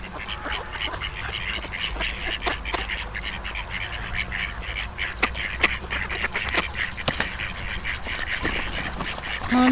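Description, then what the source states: Duck flock chattering with many overlapping quacks, a few louder sharp calls, and a short harmonic honk at the very end. Flock of ducks on a pond.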